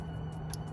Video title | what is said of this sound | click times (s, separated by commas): Installing Circuit Sports Washer Fluid Tank Relocation Kit for NA/NB Miata | here so this goes here you'll hear a click | 0.5 s